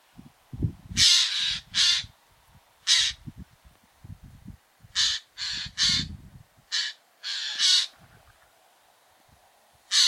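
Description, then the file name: Eurasian jay uttering scattered rasping screeches, singly and in short groups, with low rumbling noise underneath. "Garrulus glandarius"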